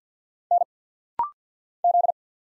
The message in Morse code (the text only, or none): N Z